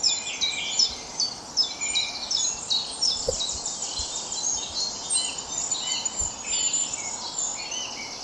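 Birds in full dawn chorus, overlapping high-pitched chirps and warbles, with a few faint clicks underneath.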